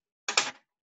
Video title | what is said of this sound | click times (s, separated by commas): Front Loading Machine Bobbin - COVID-19 Coronavirus Mask Making and Sewing Machine 101 | that's in so now once it's seated in there you'll hear it click and now this thread will pull easily | 0.3 s